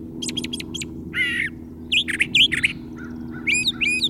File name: suara-kicauan-brown-trasher omkicau